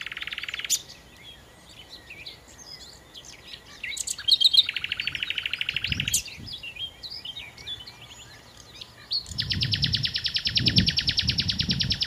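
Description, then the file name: Common nightingale song: rapid pulsed buzzy rattles, three in all, separated by softer scattered chirps, the last one the longest. "Nachtigall"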